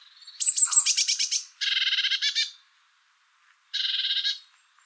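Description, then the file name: Eurasian blue tit calls: a high thin opening note into a rattling churr, a second buzzy burst, then a pause and a final short churr. "Cyanistes caeruleus"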